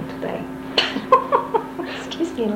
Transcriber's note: laughter